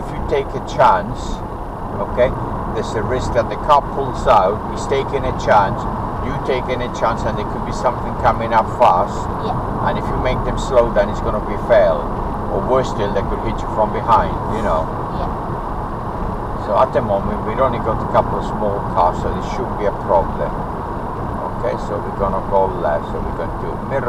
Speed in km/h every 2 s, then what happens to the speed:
58, 58, 61, 61, 61, 63, 63, 63, 61, 61, 58, 56.
0-15 steady at about 61. 15-24 slows to 56.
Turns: none.